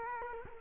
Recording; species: mosquito wingbeat signal from an infrared sensor; Culex quinquefasciatus